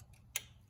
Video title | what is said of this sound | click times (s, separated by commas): How to replace an alternator for a Honda Civic 2006-2011 | Make sure it clicks all the way, | 0.4 s